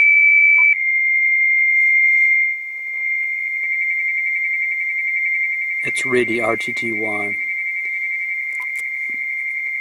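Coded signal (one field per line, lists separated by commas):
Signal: dial-up modem handshake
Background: speech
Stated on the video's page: Dial-up modem sounds heard on AM broadcast station 1640 kHz after strange modulation, received on an Icom 7300.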